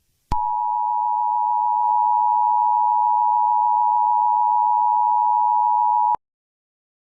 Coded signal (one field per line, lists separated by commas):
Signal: Emergency Alert System (SAME) tones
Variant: 853 and 960 Hz attention tone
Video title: The Turkey Hunters | A Thanksgiving EAS Scenario (Special)